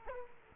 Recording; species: mosquito wingbeat signal from an infrared sensor; Aedes aegypti